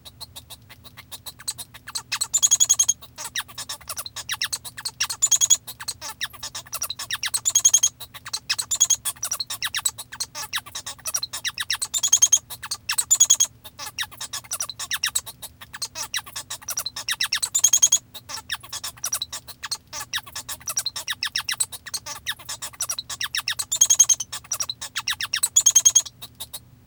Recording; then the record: song of a male Bengalese finch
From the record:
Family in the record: father 1